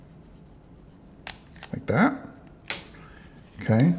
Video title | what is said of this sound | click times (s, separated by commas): How to Assemble/Disassemble an Ice-O-Matic Elevation Series Ice Machine | that in this way until it kind of just snaps back into place right there like | 1.3 s